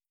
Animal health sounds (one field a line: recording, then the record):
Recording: hydrophone in a shrimp aquaculture tank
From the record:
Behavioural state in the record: starved